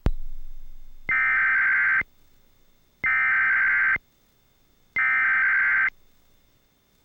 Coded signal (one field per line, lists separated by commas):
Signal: Emergency Alert System (SAME) tones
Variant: header bursts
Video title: EAS test interrupts SpongeBob (March 15, 2010) + bonus EAS test